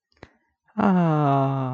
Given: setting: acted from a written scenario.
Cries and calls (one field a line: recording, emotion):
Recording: vocal sound without words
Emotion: adoration